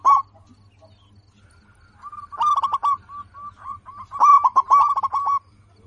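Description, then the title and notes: Zebra dove song: a brief note, a pause, then soft coos building into two loud rolling bursts of rapid notes, over a faint low hum. Local zebra dove (perkutut lokal), said to be in full voice (gacor) with a loud, crystal-clear voice. "PERKUTUT LOKAL GACOR Suara KRISTAL LANTANG. Kicau Burung Perkutut"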